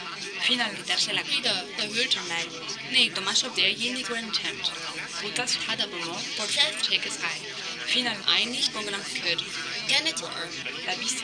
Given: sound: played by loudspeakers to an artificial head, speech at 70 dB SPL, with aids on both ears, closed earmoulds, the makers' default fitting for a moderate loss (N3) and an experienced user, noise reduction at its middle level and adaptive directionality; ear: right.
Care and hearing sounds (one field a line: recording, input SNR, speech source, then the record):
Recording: speech test signal (ISTS) in cocktail-party noise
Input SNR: 0 dB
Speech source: in front (0 degrees)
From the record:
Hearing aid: class 2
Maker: A